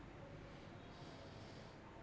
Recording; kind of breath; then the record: one breath in and out by a microphone near the nose and mouth; normal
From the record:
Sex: male